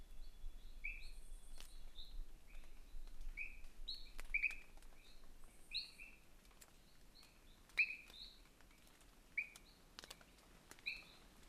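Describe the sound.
Diasporus igneus: frog calls: short high chirps at two pitches, repeated irregularly, with a few sharp clicks.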